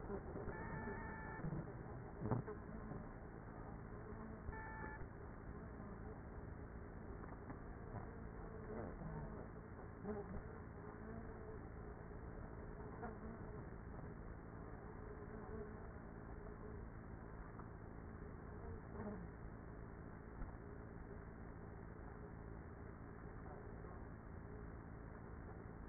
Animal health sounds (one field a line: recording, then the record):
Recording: honeybee colony, microphone inside the hive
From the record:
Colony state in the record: queenless with a low population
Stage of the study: after two queens were removed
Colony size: about 30,000 bees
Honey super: no